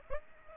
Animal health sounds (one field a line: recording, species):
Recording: mosquito wingbeat signal from an infrared sensor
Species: Aedes aegypti